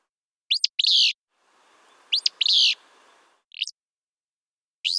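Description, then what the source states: Willow flycatcher song: sharp, buzzy two-part phrases, one heard over a low background hiss and others in silence, with a brief note between them. Willow flycatcher song clips, each cleaned version immediately followed by its original unprocessed recording, in rapid A-B comparison showing noise removal.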